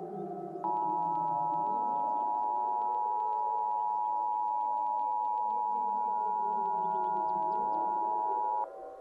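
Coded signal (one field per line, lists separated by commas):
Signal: Emergency Alert System (SAME) tones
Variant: 853 and 960 Hz attention tone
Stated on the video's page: Fictional alert scenario.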